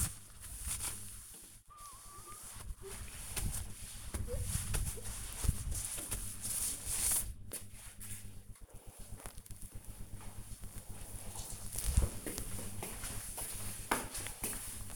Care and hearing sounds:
household activities, microphone on the right wrist
0.00-8.30 s: window cleaning

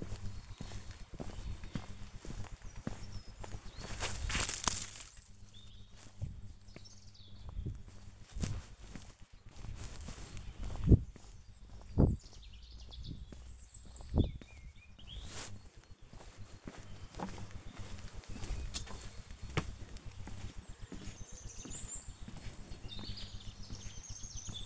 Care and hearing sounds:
household activities, microphone on the right wrist
0.00-17.77 s: working in the garden

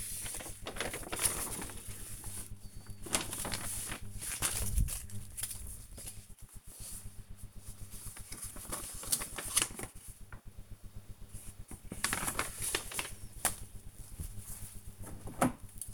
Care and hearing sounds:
household activities, microphone on the right wrist
0.00-15.94 s: sorting documents

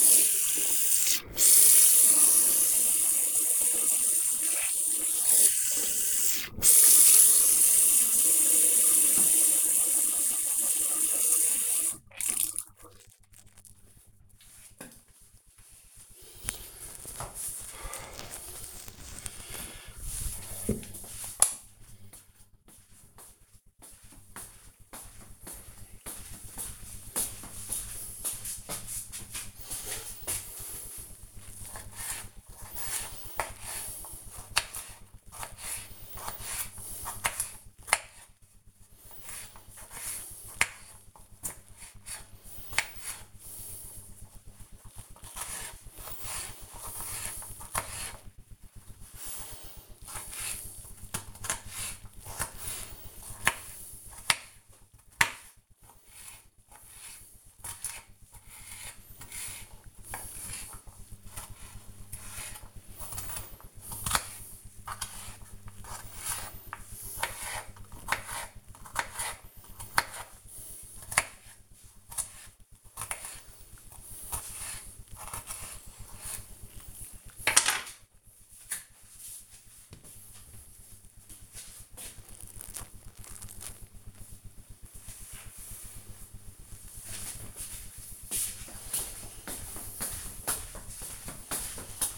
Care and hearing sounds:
household activities, microphone on the right wrist
0.00-13.01 s: brushing teeth
31.10-77.34 s: cutting vegetables

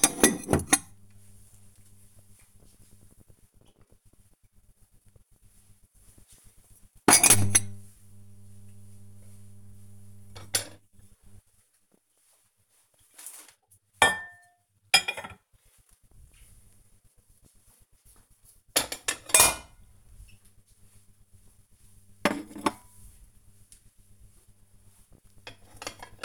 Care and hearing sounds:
household activities, microphone on the right wrist
0.00-26.25 s: putting away the dishes

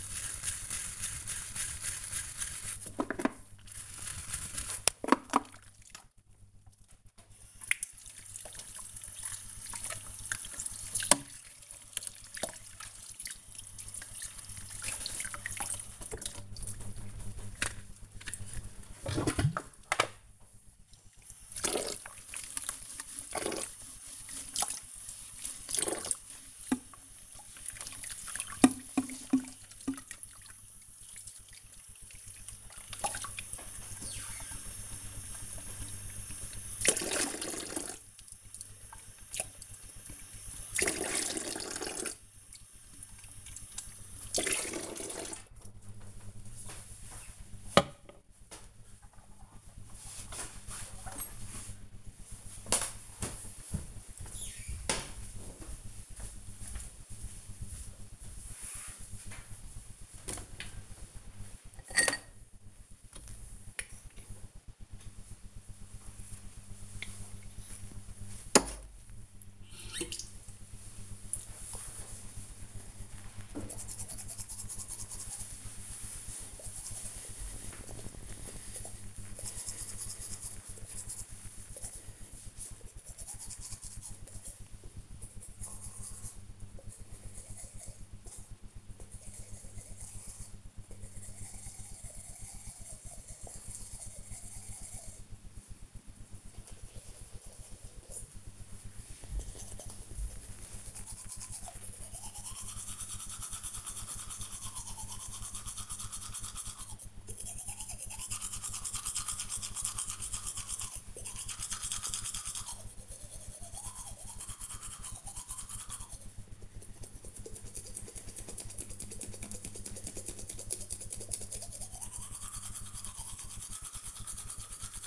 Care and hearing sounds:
household activities, microphone on the right wrist
0.00-48.46 s: washing dishes
59.53-125.07 s: brushing teeth

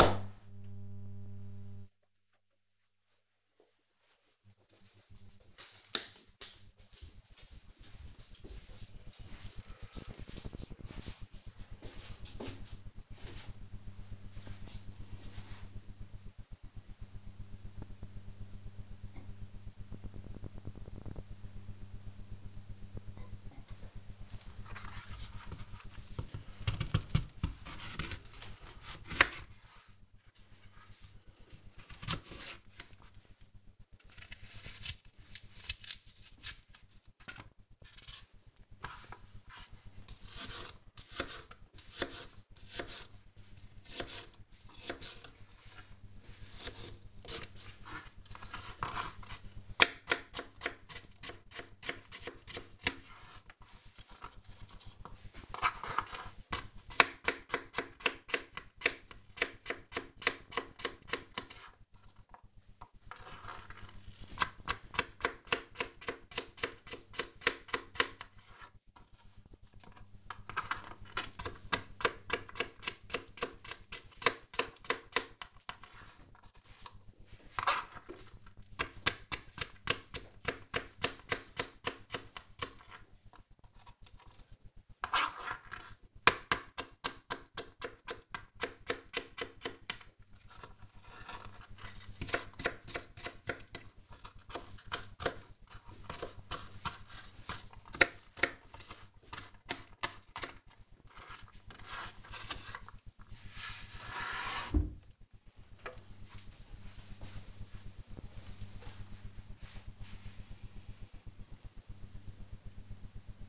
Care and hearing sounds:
household activities, microphone on the right wrist
22.75-103.35 s: cutting vegetables

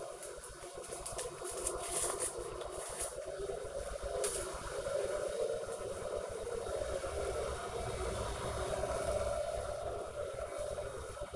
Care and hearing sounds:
household activities, microphone on the right wrist
0.00-11.36 s: making tea

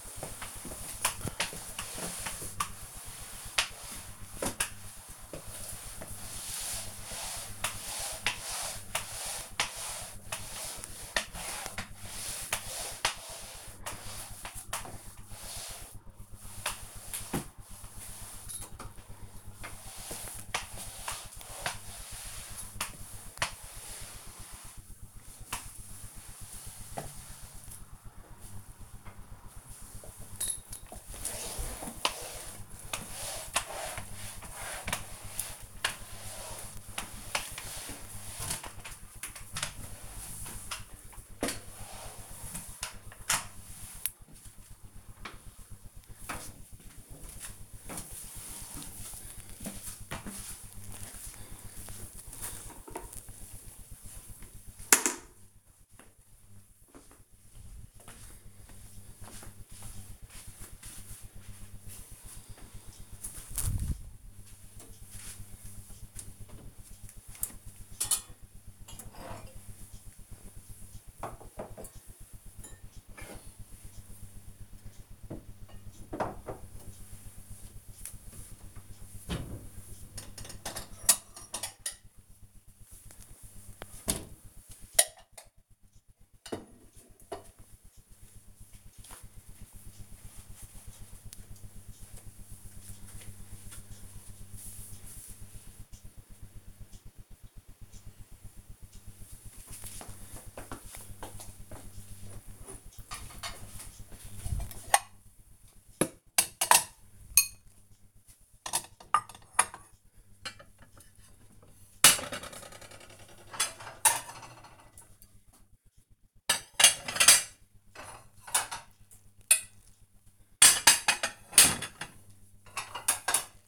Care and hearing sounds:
household activities, microphone on the right wrist
0.00-47.13 s: floor cleaning
98.66-123.68 s: putting away the dishes

